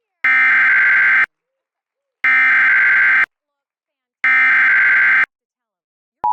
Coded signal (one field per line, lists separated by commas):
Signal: Emergency Alert System (SAME) tones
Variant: header bursts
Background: speech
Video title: Zoo Disaster II (EAS Scenario)